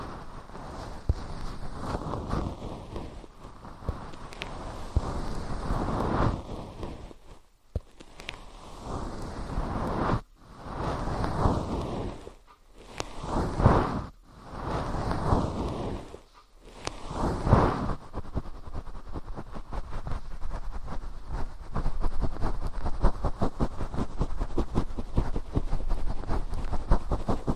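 Fluffy ear cleaning: a soft, dense rustling and brushing that swells and fades in slow strokes, mostly low and muffled. Short silent breaks fall around 7, 10, 12 and 16 seconds, and after that the brushing runs steadily to the end.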